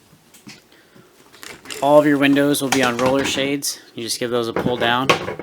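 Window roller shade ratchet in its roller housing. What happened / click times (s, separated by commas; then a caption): Handled, not yet home: no clear locking catch before the talk / none. A window roller shade, with its spring ratchet in the roller housing, is handled in a 2023 Rockwood Mini Lite 2509S as someone talks. Brief handling sounds come early in the clip, and the shade is pulled down. Nothing has seated or clicked yet: the clip ends before the ratchet catches to lock the shade in position.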